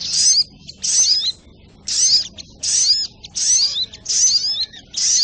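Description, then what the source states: Sogok ontong song: about seven separate high, thin bursts of twittering with falling slurs, spaced by clear pauses of roughly half a second. Labaik song variant, used for training.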